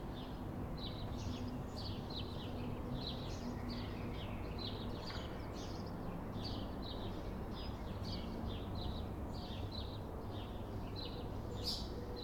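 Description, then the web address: Sparrow chirps repeated in quick succession, with a steady hum of passing traffic underneath. Town street on a calm afternoon, with traffic. "Systematic-Sound - General Ambience Series – Towns Villages 01 AMB TOWN Street Calm Afternoon Sparrows Traffic"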